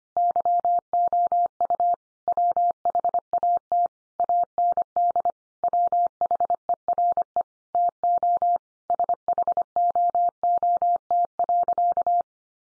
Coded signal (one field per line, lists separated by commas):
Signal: Morse code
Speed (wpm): 25 wpm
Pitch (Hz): 700 Hz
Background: none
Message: YOU WHAT AND WHERE TO SHOOT.